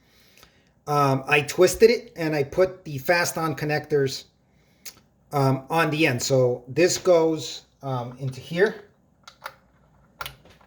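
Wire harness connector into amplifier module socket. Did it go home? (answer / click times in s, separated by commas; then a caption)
yes / 10.2 s. A pre-made wire connector from a Hypex amplifier wiring kit, with twisted wires and fast-on connectors on the end, is pushed into its socket on the amplifier module while someone talks. A few faint taps come near the end, then a sharp little click at 10.2 s as the connector clips in and seats.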